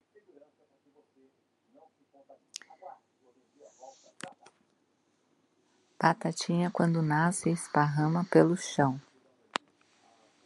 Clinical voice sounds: short text; Brazilian Portuguese; female; 40 to 49 years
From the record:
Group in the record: control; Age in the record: 40 years

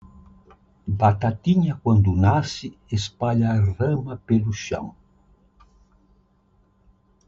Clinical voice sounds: short text; Brazilian Portuguese; male; 80 to 89 years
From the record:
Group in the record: control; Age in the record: 84 years

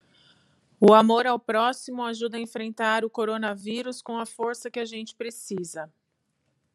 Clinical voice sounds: spoken sentence; Brazilian Portuguese; female; 30 to 39 years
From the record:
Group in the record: control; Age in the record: 39 years

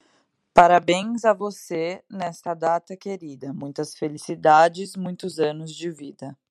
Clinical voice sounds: short text; Brazilian Portuguese; female; 20 to 29 years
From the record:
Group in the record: control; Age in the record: 27 years

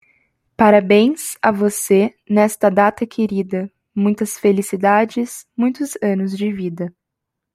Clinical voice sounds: short text; Brazilian Portuguese; female; 20 to 29 years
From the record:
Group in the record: control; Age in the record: 20 years

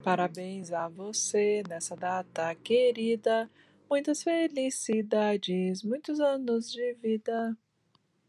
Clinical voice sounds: short text; Brazilian Portuguese; female; 60 to 69 years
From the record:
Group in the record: control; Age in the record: 61 years

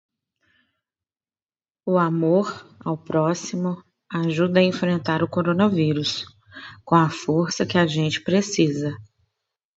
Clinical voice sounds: spoken sentence; Brazilian Portuguese; female; 30 to 39 years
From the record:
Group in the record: control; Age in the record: 34 years

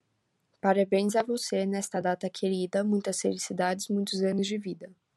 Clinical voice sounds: short text; Brazilian Portuguese; female; 18 to 19 years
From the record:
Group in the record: control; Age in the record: 19 years

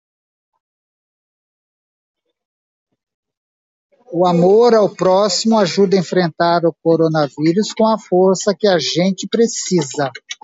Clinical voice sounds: spoken sentence; Brazilian Portuguese; male; 60 to 69 years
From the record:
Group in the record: control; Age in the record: 64 years

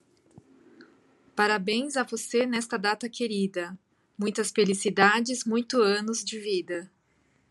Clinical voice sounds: short text; Brazilian Portuguese; female; 40 to 49 years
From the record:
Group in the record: control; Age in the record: 43 years

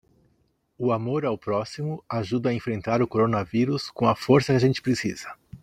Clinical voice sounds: spoken sentence; Brazilian Portuguese; male; 50 to 59 years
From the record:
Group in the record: control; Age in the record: 52 years

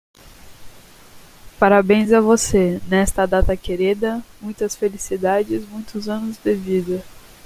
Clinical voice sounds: short text; Brazilian Portuguese; female; 30 to 39 years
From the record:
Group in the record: control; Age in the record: 30 years

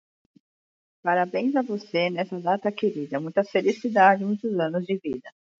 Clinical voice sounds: short text; Brazilian Portuguese; female; 40 to 49 years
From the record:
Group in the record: control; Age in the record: 47 years

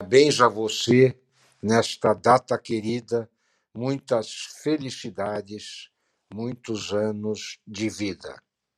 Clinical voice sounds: short text; Brazilian Portuguese; male; 70 to 79 years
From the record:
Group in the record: control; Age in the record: 70 years

